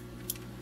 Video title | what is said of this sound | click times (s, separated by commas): Dji Phantom 3 Initial Setup Guide Pt 1 of 2 | of the camera mount here we're going to put it all the way in there till it clicks | 0.3 s